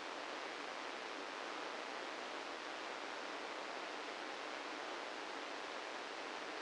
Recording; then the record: brain microelectrode recording played as sound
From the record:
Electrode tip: inside the subthalamic nucleus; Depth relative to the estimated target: -3 mm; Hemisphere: left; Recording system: NeuroSet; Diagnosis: Parkinson's disease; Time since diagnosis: 13 years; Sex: male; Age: 65 years